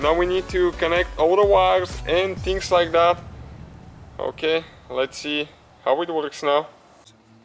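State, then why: Not seated. Wiring harness connectors are being handled near the new steering-column clock spring on a 2011–2016 Ford Fiesta, ready to be pushed in. Someone talks in bursts with short pauses over a quiet, low background hum. Nothing has seated or clicked yet.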